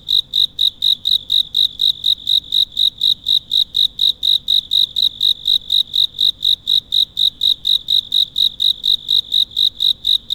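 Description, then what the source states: Cicada calling, short loud high-pitched pulses repeated about four times a second, very even and unbroken for the whole stretch. Recorded at night.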